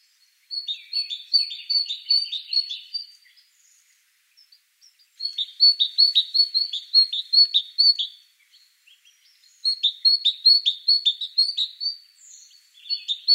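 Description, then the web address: Great tit calls in three bouts of rapid, regularly repeated high notes, each bout lasting about three seconds with short quiet gaps between. "SETE data Parus major"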